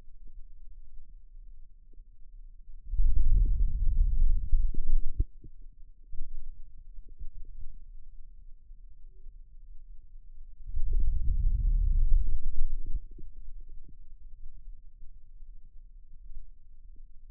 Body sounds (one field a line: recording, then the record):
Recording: forearm muscle sounds (acoustic myography)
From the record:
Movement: wrist flexion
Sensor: system 2, bracelet of six BSWA MPA416 microphones around the upper forearm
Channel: 4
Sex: male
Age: 22 years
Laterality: right